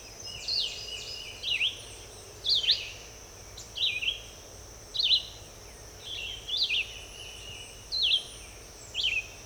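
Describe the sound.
Red-eyed vireo song: a steady series of short, slurred phrases, about one a second, over a continuous high hiss.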